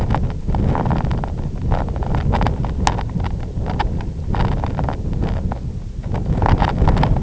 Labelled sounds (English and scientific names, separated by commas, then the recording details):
none
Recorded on Arctic tundra, site IGLO-F, on 23 June 2018
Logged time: 12:00